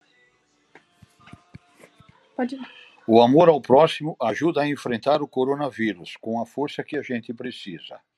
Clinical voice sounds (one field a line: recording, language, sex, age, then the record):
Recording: spoken sentence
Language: Brazilian Portuguese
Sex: male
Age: 70 to 79 years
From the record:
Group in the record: control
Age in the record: 70 years